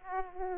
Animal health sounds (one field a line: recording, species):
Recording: mosquito wingbeat signal from an infrared sensor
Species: Aedes aegypti